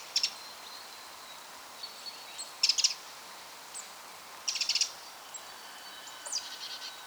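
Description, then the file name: Eurasian wren giving a few short bursts of hard, dry ticks, spaced a couple of seconds apart. "Troglodytes troglodytes"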